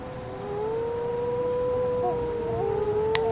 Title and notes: Wedge tailed shearwater tragedy. 3 wedge tailed shearwaters mourn the loss of their partners